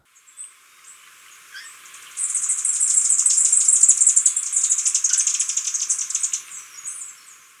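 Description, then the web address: Superciliaried hemispingus calls: a fast, high, sizzling chatter running about four seconds, fading into a few separate buzzy notes at the end. Ecuador. "Birds of Ecuador. Superciliaried Hemispingus"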